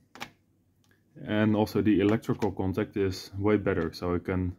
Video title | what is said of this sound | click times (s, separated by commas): Poly-lamp prototypes: using technology to make a pretty looking, modular and innovative lamp | uh because it it well it feels nice so it's snaps into place | 0.1 s